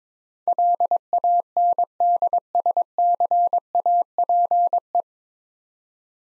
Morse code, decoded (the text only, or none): LANDSCAPE